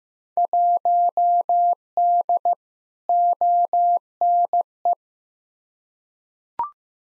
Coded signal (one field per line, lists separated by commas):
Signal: Morse code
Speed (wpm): 15 wpm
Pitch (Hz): 700 Hz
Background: none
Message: 1D ONE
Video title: Field Day Exchange v3 - 15wpm